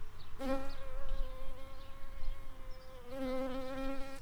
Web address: Sylvarum workers